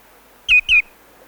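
Common greenshank call, two loud ringing whistled notes, each sliding slightly downward, given in quick succession over a quiet background.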